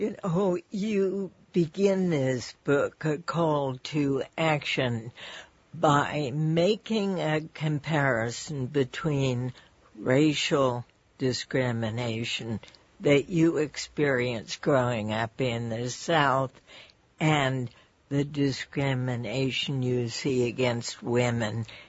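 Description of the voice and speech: An adult woman speaks in a strained, effortful voice with choppy phrasing, stretched vowels and frequent breaks, typical of spasmodic dysphonia. This is a neurological disorder in which the tongue and vocal cords may spasm involuntarily, making speech difficult, especially when starting a sentence. She has had it since birth and receives regular treatment.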